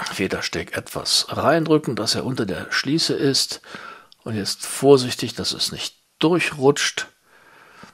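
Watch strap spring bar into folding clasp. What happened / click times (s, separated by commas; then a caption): The strap's spring bar is being pressed toward the clasp but has not clicked in yet / none. The spring bar on the end of a strap for a grey Laco Aachen watch is pressed in under the metal folding clasp and worked carefully so it does not slip through, while someone talks throughout. The clip ends before the spring bar snaps into place, so nothing has seated or clicked yet.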